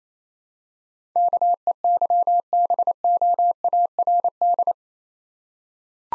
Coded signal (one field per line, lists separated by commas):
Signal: Morse code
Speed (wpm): 28 wpm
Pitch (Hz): 700 Hz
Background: none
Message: KEYBOARD